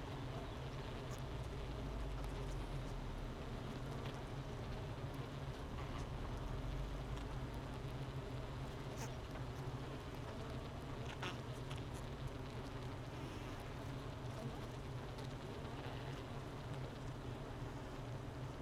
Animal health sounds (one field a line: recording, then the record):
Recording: honeybee colony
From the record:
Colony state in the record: missing queen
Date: 31 May 2018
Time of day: 9:35